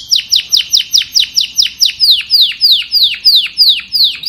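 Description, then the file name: Domestic canary repeating a clear down-slurred note, quickly at first, then slowing with longer, broader swoops. "Tieng chim hoang yen hot"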